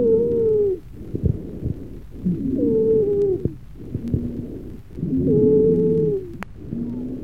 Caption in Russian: Более высокие сухие хрипы, дискантовые, возникают в мелких бронхах. Высокие свистящие хрипы при бронхиальной астме лучше выслушиваются на выдохе.